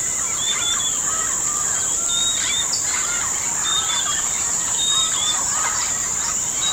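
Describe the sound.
Bird calls: clear short whistles repeated several times among softer chirps, with a continuous shrill buzz behind.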